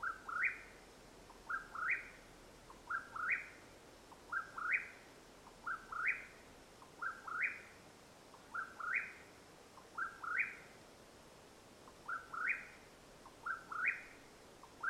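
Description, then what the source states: Mexican whip-poor-will calling over and over, each phrase a soft lead-in note then a burry rising whistle, many phrases in a calm night setting. Calling at nightfall, Madera Canyon, Arizona, USA, 21 April 2022.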